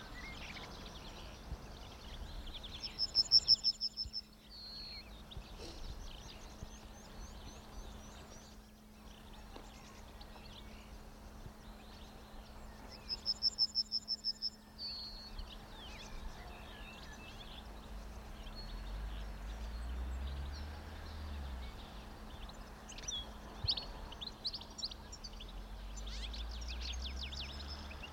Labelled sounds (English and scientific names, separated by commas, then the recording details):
Yellowhammer (Emberiza citrinella)
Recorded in the wild
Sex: male
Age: adult
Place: Schildow, NSG, Kalktuffgelände am Tegeler Fließ (NSG Schildow), Berlin, DE
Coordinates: 52.64, 13.37
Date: 1993-04-19 10:30
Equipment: Uher 4400 Report Stereo IC, Sennheiser ME 80, K 30 AV
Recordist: Quaisser, Christiane